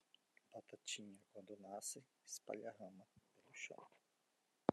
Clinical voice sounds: short text; Brazilian Portuguese; male; 50 to 59 years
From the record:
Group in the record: control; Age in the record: 56 years

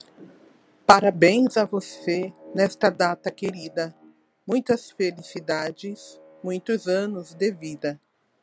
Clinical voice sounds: short text; Brazilian Portuguese; female; 50 to 59 years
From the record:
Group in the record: control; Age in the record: 54 years

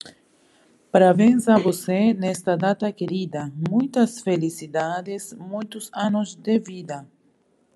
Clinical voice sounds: short text; Brazilian Portuguese; female; 30 to 39 years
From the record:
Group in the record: control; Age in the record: 32 years

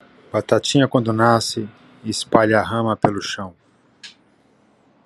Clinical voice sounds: short text; Brazilian Portuguese; male; 40 to 49 years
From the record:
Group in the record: control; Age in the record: 49 years

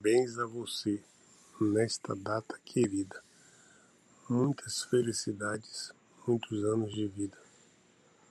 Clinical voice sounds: short text; Brazilian Portuguese; male; 50 to 59 years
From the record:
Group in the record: control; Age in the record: 56 years

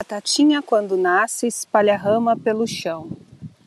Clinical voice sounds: short text; Brazilian Portuguese; female; 50 to 59 years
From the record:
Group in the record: control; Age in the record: 53 years

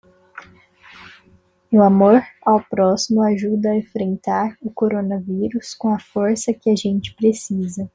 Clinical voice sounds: spoken sentence; Brazilian Portuguese; female; 20 to 29 years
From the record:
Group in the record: control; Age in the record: 21 years

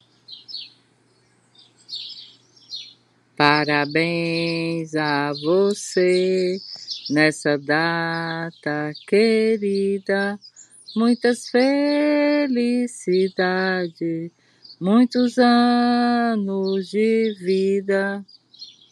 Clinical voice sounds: short text; Brazilian Portuguese; female; 60 to 69 years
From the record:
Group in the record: control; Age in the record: 64 years

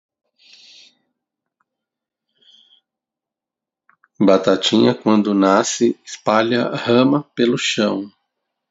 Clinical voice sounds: short text; Brazilian Portuguese; male; 40 to 49 years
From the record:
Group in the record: control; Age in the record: 47 years

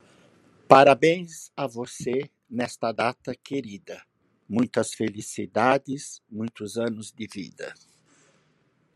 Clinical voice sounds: short text; Brazilian Portuguese; male; 60 to 69 years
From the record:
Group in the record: control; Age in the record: 61 years

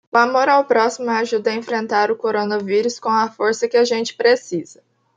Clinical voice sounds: spoken sentence; Brazilian Portuguese; female; 20 to 29 years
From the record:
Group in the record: control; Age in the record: 23 years

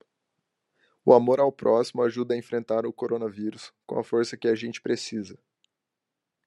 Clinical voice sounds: spoken sentence; Brazilian Portuguese; male; 20 to 29 years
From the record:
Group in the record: control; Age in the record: 23 years

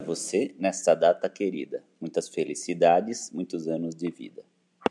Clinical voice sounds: short text; Brazilian Portuguese; female; 40 to 49 years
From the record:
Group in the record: control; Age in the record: 45 years

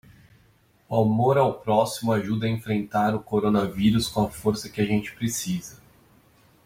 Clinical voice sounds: spoken sentence; Brazilian Portuguese; male; 30 to 39 years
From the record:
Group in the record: control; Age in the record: 35 years

